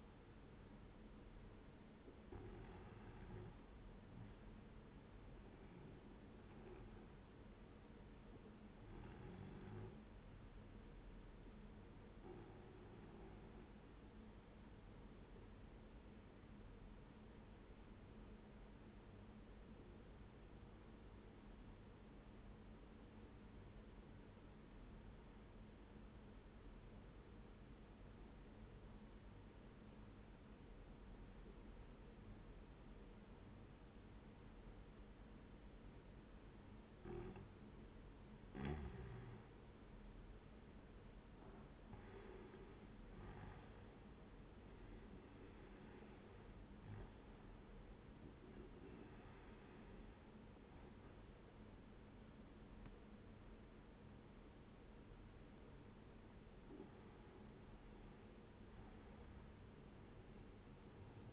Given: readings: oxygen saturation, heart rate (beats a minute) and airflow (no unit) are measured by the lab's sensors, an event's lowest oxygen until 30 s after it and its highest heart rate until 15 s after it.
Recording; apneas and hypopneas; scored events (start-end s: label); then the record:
breathing in sleep by a voice recorder at the bedside; 1
16.00-38.30 s: obstructive apnea (N1, oxygen 95% highest, then 91% lowest, heart rate 69 at the start, 81 highest)
From the record:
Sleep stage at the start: N1 (lightest sleep); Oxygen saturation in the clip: 91 to 95%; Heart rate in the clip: 66 to 84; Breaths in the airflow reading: 7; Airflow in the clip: -7.9 to 10.0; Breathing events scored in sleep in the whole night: 131 in 7.2 hours asleep